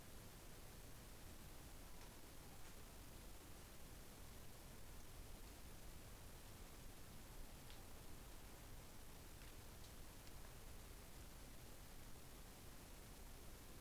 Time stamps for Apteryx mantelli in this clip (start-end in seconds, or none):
none